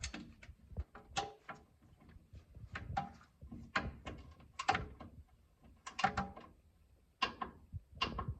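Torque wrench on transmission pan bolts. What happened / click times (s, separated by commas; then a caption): The torque wrench clicked at its setting on each bolt / 1.2 s, 3.8 s, 4.7 s, 6.0 s, 7.2 s, 8.0 s. A torque wrench set to about 80 inch-pounds tightens bolts, apparently on a truck's transmission pan, one after another. Sharp clicks ring out at 1.2, 3.8, 4.7, 6.0, 7.2 and 8.0 seconds amid ratcheting and handling noise. The wrench clicks at its setting on each bolt.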